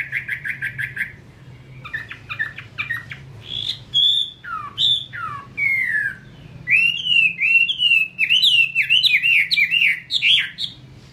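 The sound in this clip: Chinese hwamei song opening with quick repeated notes, then clear downslurred whistles and a rapid rolling series of looping phrases; low hum underneath.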